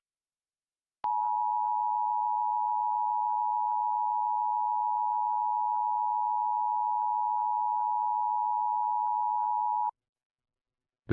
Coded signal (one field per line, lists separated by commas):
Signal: Emergency Alert System (SAME) tones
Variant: 853 and 960 Hz attention tone